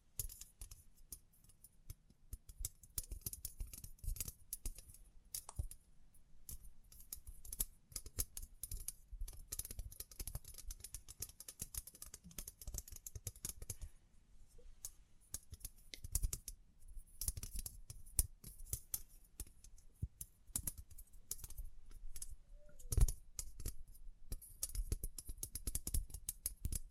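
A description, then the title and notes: Close, dry tapping and scratching run for the whole stretch: dense clusters of quick clicks with short brushy strokes between them, bright and crisp on top with a soft low thump under each tap. The pace stays busy and uneven, and one louder knock lands near 23 seconds. Tapping, Scratching, Brushing, Crinkles.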